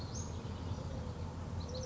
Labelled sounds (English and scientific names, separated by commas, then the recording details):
Western Flycatcher (Empidonax difficilis)
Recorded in Sonoma County, California